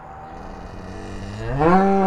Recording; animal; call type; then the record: contact call of a hoofed animal; cattle; low-frequency (closed-mouth) or high-frequency (open-mouth) call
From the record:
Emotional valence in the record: negative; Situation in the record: full separation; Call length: 2.2 s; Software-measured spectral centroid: 1060 Hz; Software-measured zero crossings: 1240 a second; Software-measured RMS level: -21 dBFS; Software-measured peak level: -2 dBFS